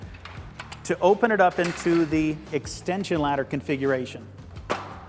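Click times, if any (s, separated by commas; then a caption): none. The unlocked metal hinge of a Little Giant Conquest All-Terrain Multi-Purpose aluminium ladder is being handled as it is swung open from the A-frame toward the extension ladder configuration. A few short clacks come early, around 0.2, 0.6 and 0.7 s, while someone talks. Nothing has seated yet: the hinge's locking pins have not clicked into place by the end of the clip.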